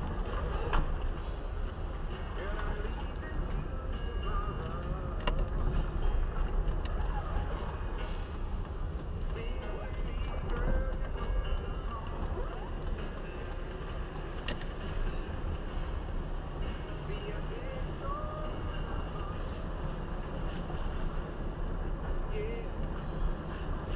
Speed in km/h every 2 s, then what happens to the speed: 14, 10, 10, 10, 9, 9, 13, 17, 21, 20, 18, 22.
0-10 steady at about 10. 10-15 speeds up to 21. 15-24 steady at about 20.